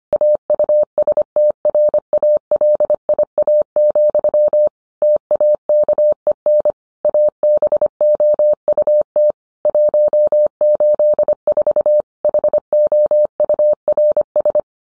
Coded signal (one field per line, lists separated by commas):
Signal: Morse code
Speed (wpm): 25 wpm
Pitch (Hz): 600 Hz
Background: none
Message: AUSTRALIA, TAKEN ABOUT 184 HOURS